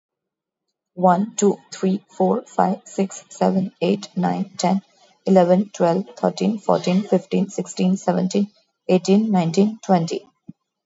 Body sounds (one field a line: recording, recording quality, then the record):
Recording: counting at a fast pace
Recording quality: excellent, no background noise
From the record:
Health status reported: exposed to COVID-19, no respiratory illness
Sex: female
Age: 35 years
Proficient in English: yes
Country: India